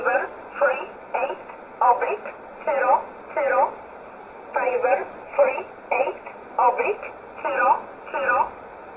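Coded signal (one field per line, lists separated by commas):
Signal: numbers station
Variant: E11 Oblique, English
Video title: 07 08 2019 E11 Oblique Numbers station in English 0901 on 7449 unknown tx site in USB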